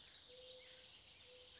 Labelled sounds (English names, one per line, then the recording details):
Mourning Dove
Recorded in Sonoma County, California